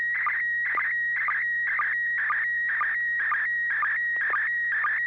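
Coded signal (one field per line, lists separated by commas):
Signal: SSTV (slow-scan television)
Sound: steady whistling tone near 1.9 kHz with warbling bursts and short low chirps twice a second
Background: low hum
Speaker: AI 60g if you've got a picture for us we're ready to copy [Music] over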